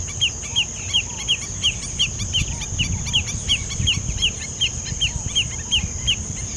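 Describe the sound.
Bird call: quick hooked notes repeated at a steady pace near three a second, fainter chirps between them, a continuous high whine and rumbling low noise behind.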